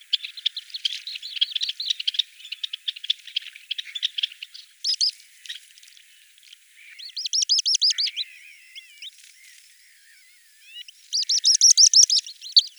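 Bird song with a long run of rapid, scratchy high notes, then two clear trilled phrases of quick repeated notes, with faint chirping between.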